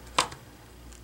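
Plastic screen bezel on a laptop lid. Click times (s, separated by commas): 0.2 s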